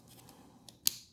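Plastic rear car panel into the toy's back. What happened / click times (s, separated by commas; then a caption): The plastic panel snapped into place / 0.9 s. The plastic rear car panel of an SS 100 Bumblebee Transformers Rise of the Beasts transforming toy is closed into the toy's back, with faint plastic ticks at about 0.3 and 0.7 s. A sharp, bright snap at 0.9 s marks the back panel seating into place, followed by a short fading rustle.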